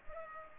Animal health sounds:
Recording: mosquito wingbeat signal from an infrared sensor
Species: Culex pipiens

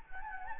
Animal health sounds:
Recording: mosquito wingbeat signal from an infrared sensor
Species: Anopheles gambiae

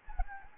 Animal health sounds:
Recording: mosquito wingbeat signal from an infrared sensor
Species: Anopheles gambiae

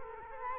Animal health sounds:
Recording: mosquito wingbeat signal from an infrared sensor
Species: Culex quinquefasciatus

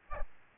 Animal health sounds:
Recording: mosquito wingbeat signal from an infrared sensor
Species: Aedes albopictus

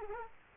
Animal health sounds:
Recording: mosquito wingbeat signal from an infrared sensor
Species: Culex quinquefasciatus

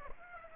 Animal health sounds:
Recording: mosquito wingbeat signal from an infrared sensor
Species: Aedes aegypti

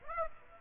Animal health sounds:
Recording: mosquito wingbeat signal from an infrared sensor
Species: Aedes aegypti

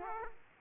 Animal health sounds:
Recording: mosquito wingbeat signal from an infrared sensor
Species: Aedes aegypti

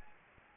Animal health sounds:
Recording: mosquito wingbeat signal from an infrared sensor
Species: Anopheles gambiae

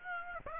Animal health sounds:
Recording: mosquito wingbeat signal from an infrared sensor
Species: Aedes aegypti

